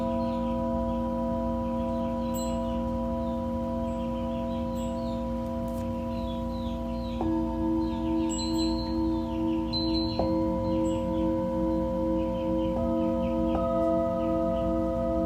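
A Tibetan singing bowl hums with a steady, sustained ring of layered low and middle tones. New strikes around seven, ten and thirteen seconds add brighter ringing tones on top. Faint bird chirps come and go throughout, with a low rumble beneath.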